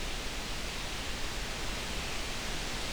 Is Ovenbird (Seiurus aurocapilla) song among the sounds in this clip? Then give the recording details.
no. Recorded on 23 June 2016 at 08:13. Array SBT-6-76